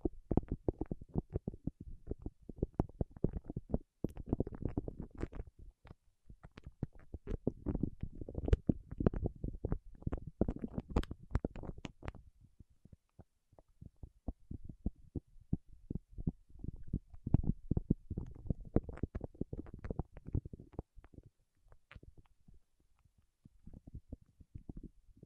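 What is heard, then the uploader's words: Fingertips working over wax make dense, muffled low crackles and soft taps in rapid bursts, easing briefly around thirteen seconds before resuming. ASMR with Wax Fingertips for Sleep (No Talking).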